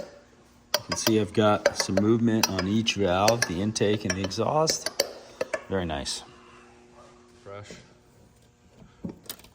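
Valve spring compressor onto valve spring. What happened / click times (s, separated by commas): Metal tool handled near the part, nothing seated yet / none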